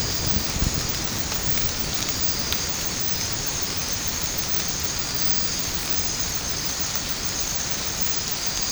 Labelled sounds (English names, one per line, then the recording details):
none
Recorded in secondary vegetation near Puerto Asís, Putumayo, Colombia, on 8 March 2025 at 02:30
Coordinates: 0.481, -76.318
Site G097